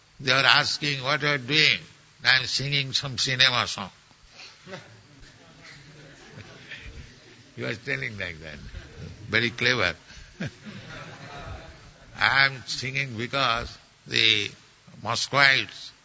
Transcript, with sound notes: They were asking, “What you are doing?” “I am singing some cinema song.” (laughter) He was telling like that. Very clever. (laughter) “I am singing because the Muscovites,